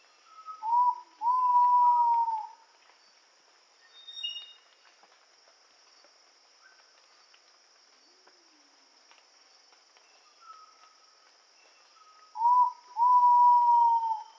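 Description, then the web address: Ivory-breasted pitta calling twice, each a brief whistle leading into a long, gently falling whistle, well apart, with steady insect buzzing throughout. Indonesia. "ULM-DS-Lab indonesian-bird-sounds. Pitta maxima"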